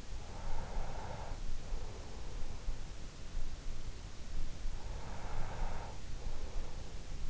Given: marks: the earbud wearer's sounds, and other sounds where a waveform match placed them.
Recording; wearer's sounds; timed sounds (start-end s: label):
sounds in sleep by an in-ear microphone; breath
0.19-2.91 s: breath
4.72-7.30 s: breath